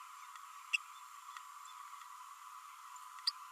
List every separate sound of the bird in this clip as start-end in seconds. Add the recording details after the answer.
0.73-0.77, 3.27-3.30. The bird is a female. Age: 32 days. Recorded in a nest box in Venezuela. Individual 17B32A7